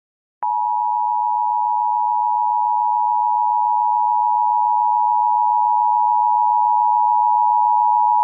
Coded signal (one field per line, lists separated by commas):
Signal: Emergency Alert System (SAME) tones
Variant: 853 and 960 Hz attention tone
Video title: EAS Scenario - Alien Invasion (REMASTERED)